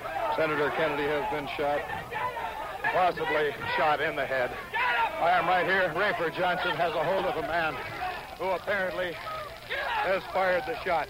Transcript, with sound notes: Senator Kennedy has been shot, possibly shot in the head. [Crowd commotion] I am right here, and Rafer Johnson has a hold of a man who apparently has fired the shot.